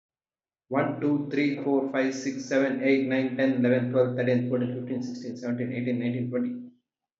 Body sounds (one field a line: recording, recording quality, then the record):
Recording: counting at a fast pace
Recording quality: excellent, no background noise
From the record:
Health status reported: healthy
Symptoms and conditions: none ticked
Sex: male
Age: 38 years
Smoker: not ticked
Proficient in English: yes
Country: India